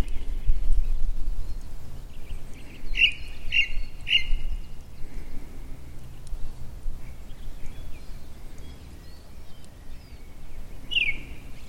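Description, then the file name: Ring ouzel singing: three clear, piping notes repeated at half-second intervals, then a lone similar note near the end, over low rumbling background noise. Recorded 6 May 2012 at Sudelfeld. "Ringdrossel. Sudelfeld. Joerg Langenberg"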